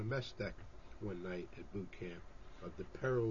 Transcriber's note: none